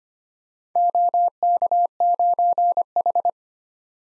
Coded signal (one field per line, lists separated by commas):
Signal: Morse code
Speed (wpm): 25 wpm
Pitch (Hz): 700 Hz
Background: none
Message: OK9H